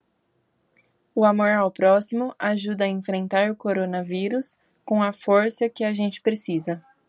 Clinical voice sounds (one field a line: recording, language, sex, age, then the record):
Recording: spoken sentence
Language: Brazilian Portuguese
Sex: male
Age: 20 to 29 years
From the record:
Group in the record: control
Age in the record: 26 years